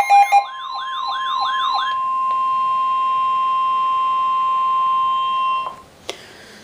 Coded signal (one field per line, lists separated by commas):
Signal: Emergency Alert System (SAME) tones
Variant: 1050 Hz attention tone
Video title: NOAA Weather Radio Alert #391 (Severe Thunderstorm Warning)